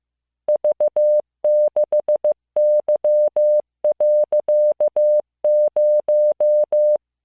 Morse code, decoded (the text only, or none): V6Y.0